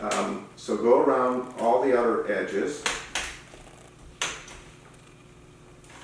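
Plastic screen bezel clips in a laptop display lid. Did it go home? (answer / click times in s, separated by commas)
released / 3.1 s, 4.2 s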